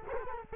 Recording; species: mosquito wingbeat signal from an infrared sensor; Culex quinquefasciatus